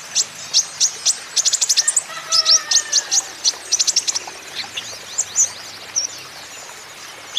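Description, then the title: Van Hasselt's sunbird song: quick series of high chirps and trills that thin out toward the end. Green-plumaged (ijoan) konin singing steadily and constantly (gacor), used as a lure and therapy for untrained konin, which are sure to answer. "KOLIBRI NINJA KONIN IJOAN GACOR COCOK UNTUK PANCINGAN TERAPI KONIN BAHAN PASTI NYAUT"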